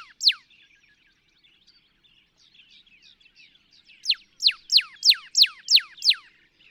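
Northern cardinal song: one sharp downslurred whistle, a pause with soft chatter, then a fast run of about seven loud downward-sweeping whistles.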